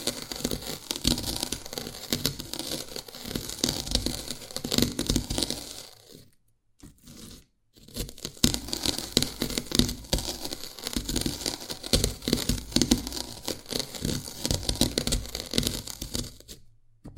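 Dalgona candy being tapped and cracked in dense, irregular clusters of sharp little clicks and crackles, bright and crisp. The activity runs steadily, with a short silence around six to eight seconds, then resumes before cutting off near the end.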